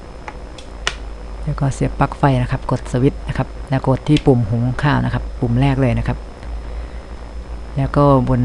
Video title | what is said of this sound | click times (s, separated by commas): รีวิวหม้อหุงข้าวคอมพิวเตอร์ชาร์ป SHARP KS-COM 10 ปี 2565 ยังน่าใช้อยู่ไหมพร้อมแนะนำวิธีหุงข้าว | ก็พยายามดูตรงหูจับนะครับให้เข้าล็อคพอดีนะครับแล้วก็ทำการปิดฝานะครับแล้ว | 0.9 s